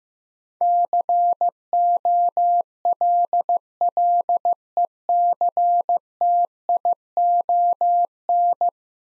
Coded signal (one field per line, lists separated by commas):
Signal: Morse code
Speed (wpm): 15 wpm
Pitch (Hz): 700 Hz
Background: none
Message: COLLECTION